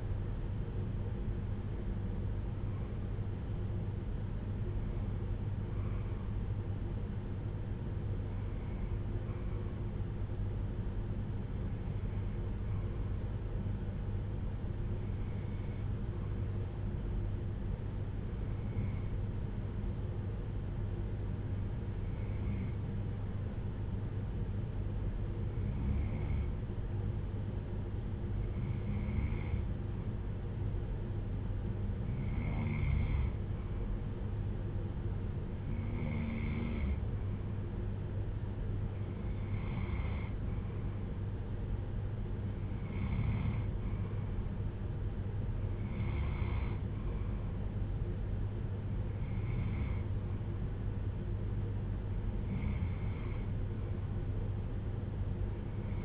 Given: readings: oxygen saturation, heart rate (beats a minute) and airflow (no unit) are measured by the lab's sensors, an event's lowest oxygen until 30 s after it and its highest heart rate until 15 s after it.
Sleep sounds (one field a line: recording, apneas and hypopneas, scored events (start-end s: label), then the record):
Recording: breathing in sleep by a smartphone at the bedside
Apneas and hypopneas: 1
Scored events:
6.00-35.20 s: hypopnea (N2, oxygen 96% highest, then 92% lowest)
From the record:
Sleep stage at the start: N2 (light sleep)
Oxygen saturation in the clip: 92 to 96%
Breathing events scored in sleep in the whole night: 310 in 8.1 hours asleep